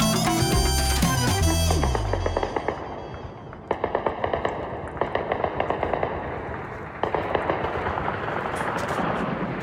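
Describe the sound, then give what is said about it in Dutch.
Anti-aircraft guns over Kyiv fire at night against a stream of kamikaze drones in loud, rapid bursts of sharp cracks, with irregular volleys and single heavy bangs over a continuous rumbling roar. No one speaks. “U hoort hier het luchtafweergeschut die de stroom aan kamikaze-drones boven Kiev afgelopen nacht moest neerhalen.”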